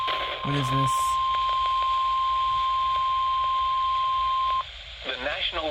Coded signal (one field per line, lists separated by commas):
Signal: Emergency Alert System (SAME) tones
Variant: 1050 Hz attention tone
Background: speech